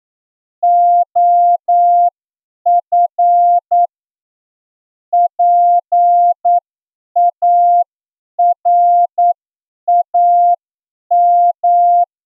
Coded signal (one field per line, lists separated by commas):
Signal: Morse code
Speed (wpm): 9 wpm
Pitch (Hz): 700 Hz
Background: none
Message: OF PARAM